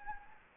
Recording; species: mosquito wingbeat signal from an infrared sensor; Anopheles gambiae